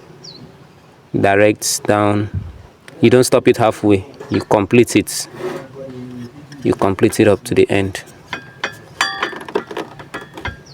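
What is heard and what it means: A Starlink satellite dish cable connector is pushed straight down into its port on the dish, all the way to the end without stopping halfway, while someone talks. Several sharp transients follow near the end, and the connector clicks into place and is seated at 9.0 s.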